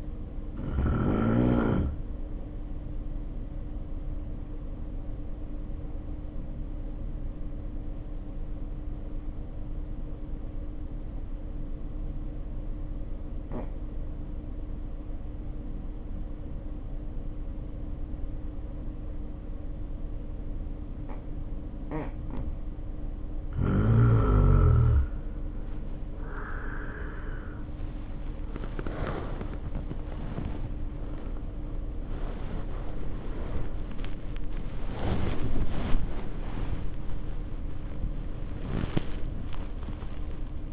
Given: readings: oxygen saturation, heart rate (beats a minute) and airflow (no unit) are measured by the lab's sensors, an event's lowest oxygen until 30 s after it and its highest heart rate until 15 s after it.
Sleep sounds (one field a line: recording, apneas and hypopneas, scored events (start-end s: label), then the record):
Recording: breathing in sleep by a smartphone at the bedside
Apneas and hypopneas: 1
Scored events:
4.00-26.00 s: hypopnea (N2, oxygen 95% highest, then 83% lowest, heart rate 50 at the start, 78 highest)
15.00-40.73 s: new sleep stage, N1 (lightest sleep)
From the record:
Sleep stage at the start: N2 (light sleep)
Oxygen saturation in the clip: 82 to 95%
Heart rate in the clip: 50 to 78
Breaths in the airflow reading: 9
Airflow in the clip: -1.8 to 3.9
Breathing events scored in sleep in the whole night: 520 in 7.2 hours asleep